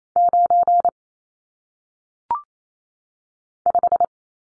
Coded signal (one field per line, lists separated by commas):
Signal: Morse code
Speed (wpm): 28 wpm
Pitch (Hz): 700 Hz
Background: none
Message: 9 5